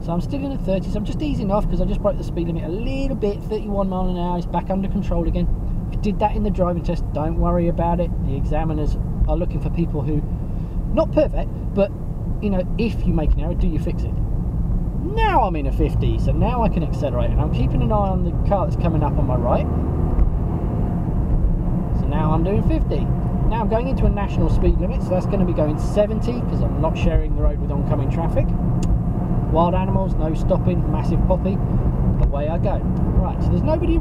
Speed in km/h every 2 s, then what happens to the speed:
44, 42, 42, 42, 44, 42, 39, 45, 58, 68, 71, 72, 71, 69, 74, 74, 84.
0-13 steady at about 42. 13-19 speeds up to 71. 19-30 steady at about 71. 30-34 speeds up to 84.